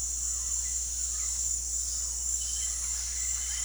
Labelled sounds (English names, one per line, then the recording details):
none
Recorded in dense forest near Puerto Asís, Putumayo, Colombia, on 13 March 2025 at 18:00
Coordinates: 0.503, -76.323
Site GP09